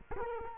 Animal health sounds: mosquito wingbeat signal from an infrared sensor; Culex quinquefasciatus

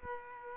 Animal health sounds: mosquito wingbeat signal from an infrared sensor; Aedes aegypti

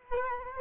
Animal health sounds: mosquito wingbeat signal from an infrared sensor; Culex quinquefasciatus

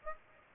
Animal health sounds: mosquito wingbeat signal from an infrared sensor; Aedes aegypti

